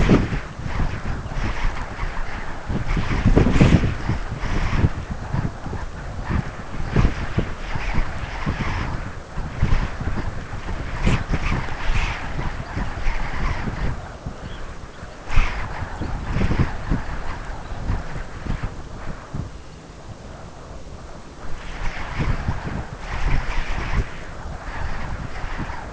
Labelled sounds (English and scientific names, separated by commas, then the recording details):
Lapland Longspur (Calcarius lapponicus), Red Phalarope (Phalaropus fulicarius), Dunlin (Calidris alpina)
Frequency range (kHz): Lapland Longspur (Calcarius lapponicus) 4.7-5.4 kHz; Red Phalarope (Phalaropus fulicarius) 2.1-5.2 kHz; Dunlin (Calidris alpina) 2.4-3.3 kHz
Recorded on Arctic tundra, site UTQI-5, on 12 June 2019
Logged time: 08:00